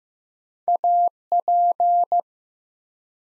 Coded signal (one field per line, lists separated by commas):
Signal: Morse code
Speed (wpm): 15 wpm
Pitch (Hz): 700 Hz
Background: none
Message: AP